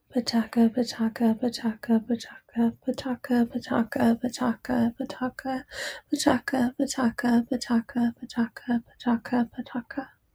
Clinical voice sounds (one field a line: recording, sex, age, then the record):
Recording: repeated syllables /pa ta ka/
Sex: female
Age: 20 to 29 years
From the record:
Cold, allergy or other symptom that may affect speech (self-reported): no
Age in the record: 28 years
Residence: Illinois, United States